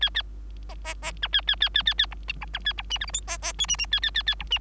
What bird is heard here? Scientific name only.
Lonchura striata domestica